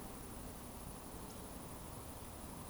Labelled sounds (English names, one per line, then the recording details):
Eurasian Woodcock whistle
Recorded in Baden-Württemberg, Germany, on 25 June 2020 at 19:44 UTC
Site 24578, 122 m above sea level